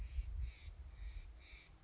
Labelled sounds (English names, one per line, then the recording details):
Steller's Jay
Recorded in Sonoma County, California